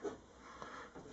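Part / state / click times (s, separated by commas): window glass pivot peg into its channel in the rear side window frame / seated / 0.6 s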